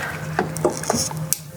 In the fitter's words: there we go you got to listen for the click